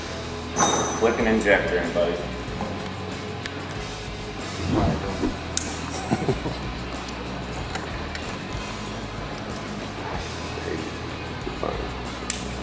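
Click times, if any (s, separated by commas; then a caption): 5.6 s, 12.3 s. Wiring harness plugs are pushed onto the fuel injectors of a twin-turbo LSX engine during the build of a 1969 Camaro, while someone talks and music plays underneath. Sharp connector clicks are heard at 5.6 s and 12.3 s, with quieter handling sounds between them. The injector connectors click in and are seated.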